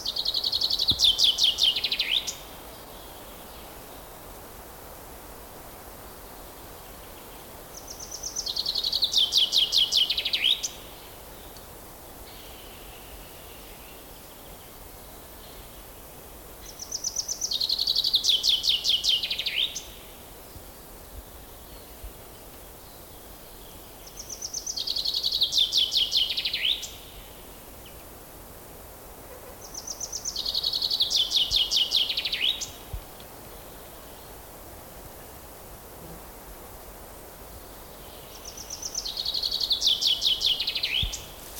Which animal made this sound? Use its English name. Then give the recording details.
Common Chaffinch. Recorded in the wild. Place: Liebenthal, Schorfheide, Brandenburg, DE. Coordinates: 52.92, 13.46. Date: 1996-04-07 12:35. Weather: heiter, 15°C, z.T. windig. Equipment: Nagra SN, Sennheiser MKH 416 T, Kopie Uher 4000 Report Monitor. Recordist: Tembrock, Günter